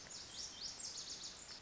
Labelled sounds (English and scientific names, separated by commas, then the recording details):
Lazuli Bunting (Passerina amoena)
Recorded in Sonoma County, California